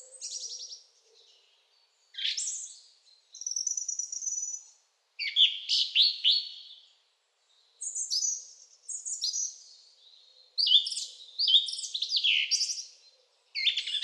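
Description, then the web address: Bird song in repeated bursts of high twittering, rattling trills and whistled slurs with short gaps. Quiet birdsong meant as background sound for video editing. "zvuk s tiha pesen na ptici za fon montaz"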